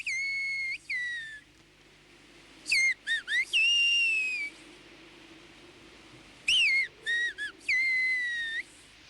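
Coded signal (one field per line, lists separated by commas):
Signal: whistled language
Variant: Aas whistled language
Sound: loud gliding whistled phrases, rising and falling pitch, three separate phrase groups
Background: faint background hum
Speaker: these shepherds are too among the handful of people in AAS who practice and understand a whistled language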